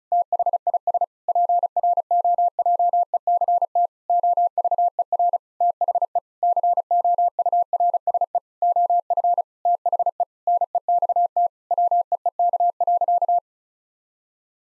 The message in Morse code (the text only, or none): THIS PROJECT OVER THE COURSE OF THE NEXT WEEK.